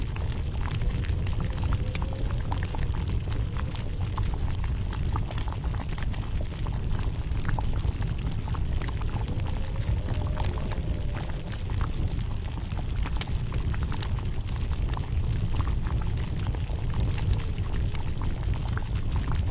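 A bonfire roars steadily, with a dense low rumble and a constant spray of fine crackles and sharp pops scattered throughout. Brief faint whistling hisses rise around the ten-second mark and again near the end, and the loudness stays even from start to finish.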